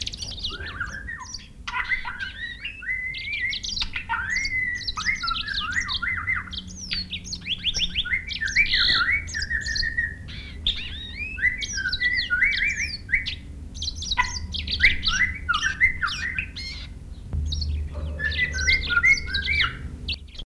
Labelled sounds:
Budgerigar (Melopsittacus undulatus) call

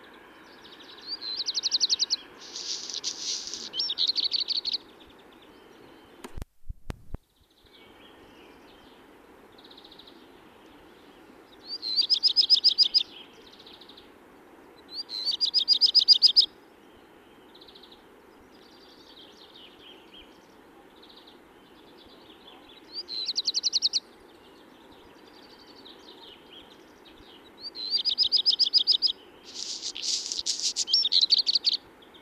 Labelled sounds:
Black Redstart (Phoenicurus ochruros) song

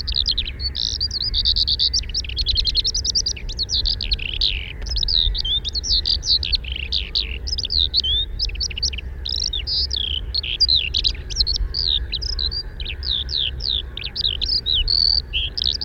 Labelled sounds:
Eurasian Skylark (Alauda arvensis) song

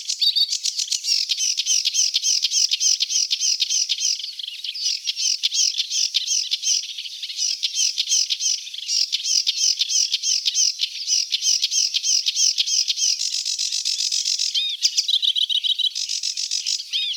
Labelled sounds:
Sedge Warbler (Acrocephalus schoenobaenus) song

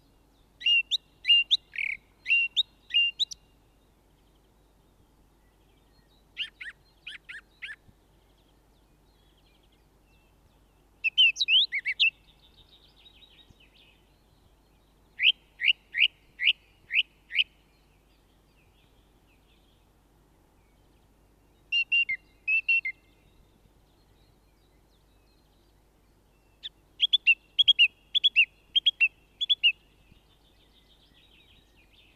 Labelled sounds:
Song Thrush (Turdus philomelos) song

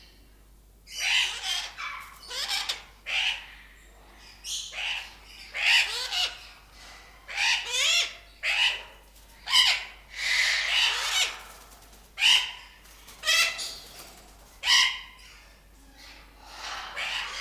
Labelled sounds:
Blue-winged Macaw (Primolius maracana) call

